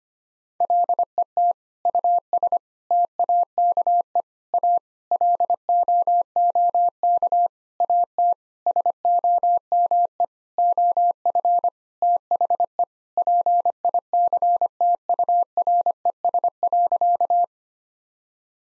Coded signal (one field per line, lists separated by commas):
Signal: Morse code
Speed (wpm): 25 wpm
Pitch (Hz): 700 Hz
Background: none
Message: LET US TAKE A LOOK AT SOME OF THE PICTURES.